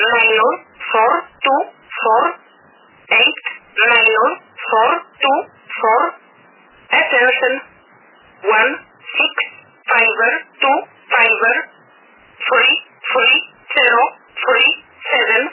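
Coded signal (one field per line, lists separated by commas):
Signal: numbers station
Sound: a voice reading single numbers one by one, at a steady, evenly spaced rhythm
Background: radio static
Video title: Strange Polish Numbers Station #radio #numbersstation #strangerthings #haunted #strange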